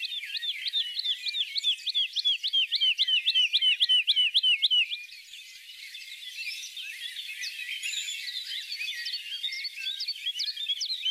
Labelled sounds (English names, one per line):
Wood Lark song